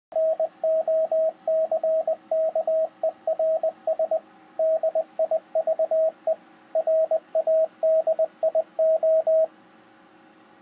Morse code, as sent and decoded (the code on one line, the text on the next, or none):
-. --- -.-. -.- . .-. ... / -.. .. ...- . / .-. .- -.. .. ---
NOCKERS DIVE RADIO